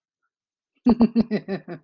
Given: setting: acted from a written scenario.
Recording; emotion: vocal sound without words; amusement